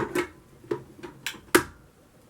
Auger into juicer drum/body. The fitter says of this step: So you're gonna hear a little snap. It clicks